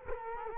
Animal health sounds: mosquito wingbeat signal from an infrared sensor; Culex quinquefasciatus

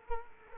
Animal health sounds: mosquito wingbeat signal from an infrared sensor; Culex quinquefasciatus

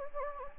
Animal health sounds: mosquito wingbeat signal from an infrared sensor; Anopheles gambiae

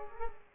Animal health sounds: mosquito wingbeat signal from an infrared sensor; Culex pipiens

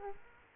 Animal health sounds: mosquito wingbeat signal from an infrared sensor; Aedes aegypti

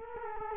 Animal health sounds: mosquito wingbeat signal from an infrared sensor; Culex quinquefasciatus

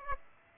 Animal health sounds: mosquito wingbeat signal from an infrared sensor; Aedes aegypti

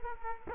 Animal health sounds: mosquito wingbeat signal from an infrared sensor; Culex quinquefasciatus

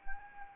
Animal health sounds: mosquito wingbeat signal from an infrared sensor; Anopheles arabiensis

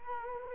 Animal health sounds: mosquito wingbeat signal from an infrared sensor; Culex quinquefasciatus

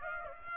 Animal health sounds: mosquito wingbeat signal from an infrared sensor; Aedes aegypti

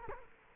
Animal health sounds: mosquito wingbeat signal from an infrared sensor; Culex quinquefasciatus

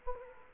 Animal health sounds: mosquito wingbeat signal from an infrared sensor; Culex quinquefasciatus

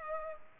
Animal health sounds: mosquito wingbeat signal from an infrared sensor; Culex pipiens

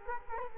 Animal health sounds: mosquito wingbeat signal from an infrared sensor; Culex quinquefasciatus

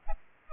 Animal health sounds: mosquito wingbeat signal from an infrared sensor; Aedes albopictus

